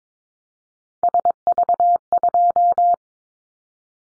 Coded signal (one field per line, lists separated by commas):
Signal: Morse code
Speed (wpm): 22 wpm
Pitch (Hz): 700 Hz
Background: none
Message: SV2